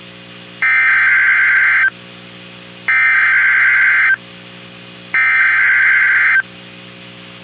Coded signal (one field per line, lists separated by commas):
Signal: Emergency Alert System (SAME) tones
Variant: header bursts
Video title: EAS 2442-2447 (2/2/24)